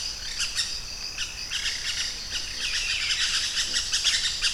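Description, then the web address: Pyrrhura parakeet chatter: a dense, overlapping stream of scratchy high notes. "parrots pyrrhura"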